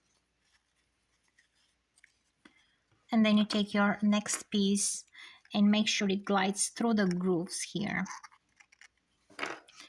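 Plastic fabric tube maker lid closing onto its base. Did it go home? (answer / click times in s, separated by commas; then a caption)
yes / 9.4 s. Someone talks while guiding the next fabric piece through the grooves of a Ceoighe plastic fabric tube maker, used for fabric roll rugs and jelly roll bias tape, then closes the lid onto its base. A short plastic click is heard at 9.4 s as the tube maker halves snap shut and seat.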